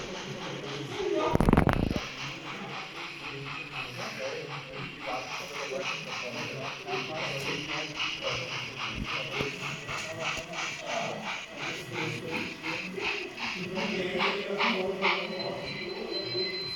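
A small diesel locomotive travels along the track back toward the station. A sharp, loud burst comes early, then a steady run of rapid, regular knocking and clattering continues throughout, with a faint high whine appearing briefly near the end.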